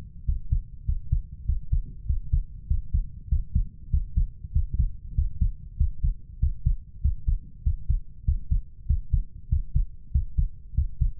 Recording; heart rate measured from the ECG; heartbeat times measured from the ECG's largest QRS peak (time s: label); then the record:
heart sounds by stethoscope; 97 bpm
0.26 s: heartbeat
0.86 s: heartbeat
1.47 s: heartbeat
2.07 s: heartbeat
2.68 s: heartbeat
3.30 s: heartbeat
3.91 s: heartbeat
4.54 s: heartbeat
5.16 s: heartbeat
5.78 s: heartbeat
6.41 s: heartbeat
7.03 s: heartbeat
7.64 s: heartbeat
8.26 s: heartbeat
8.88 s: heartbeat
9.50 s: heartbeat
10.13 s: heartbeat
10.76 s: heartbeat
From the record:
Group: healthy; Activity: Valsalva maneuver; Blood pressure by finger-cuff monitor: 137/92 mmHg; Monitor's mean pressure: 104 mmHg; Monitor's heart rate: 97 bpm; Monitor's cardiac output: 6.8 L/min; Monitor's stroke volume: 70 mL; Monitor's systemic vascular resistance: 1120 dyn s/cm5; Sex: male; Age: 21 years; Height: 175 cm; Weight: 72.6 kg